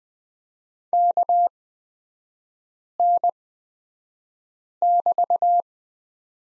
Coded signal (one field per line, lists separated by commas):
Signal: Morse code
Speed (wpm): 20 wpm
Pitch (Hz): 700 Hz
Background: none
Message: KN<BT>